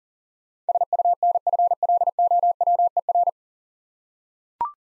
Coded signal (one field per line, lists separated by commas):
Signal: Morse code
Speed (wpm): 40 wpm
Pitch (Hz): 700 Hz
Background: none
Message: SUNFLOWER